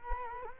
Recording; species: mosquito wingbeat signal from an infrared sensor; Culex quinquefasciatus